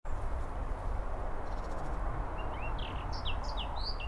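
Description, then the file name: Eurasian blackcap song, a string of separate clear whistled notes building up over the last second and a half, with a low rumble behind. "Sylvia atricapilla"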